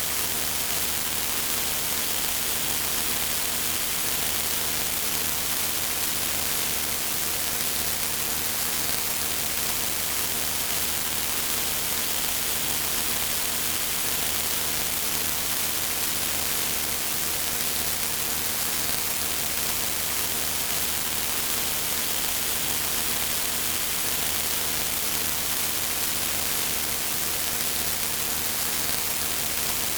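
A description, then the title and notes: A steady wash of hissing white noise runs unchanged for the full thirty seconds, dense and even from low rumble up to bright fizz. Faint fixed tones hum underneath in the low range, and no separate events break the constant sound. BROKEN FRACTAL WHITE NOISE.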